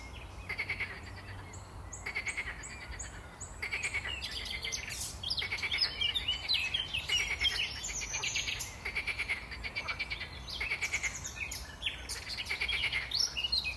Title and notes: Saint-Jean-le-Blanc, France - Frogs party. grenouilles dans l'étang, passants qui se baladent, qui me disent bonjour